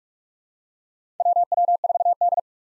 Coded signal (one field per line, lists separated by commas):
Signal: Morse code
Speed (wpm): 44 wpm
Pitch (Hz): 700 Hz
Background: none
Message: WW4D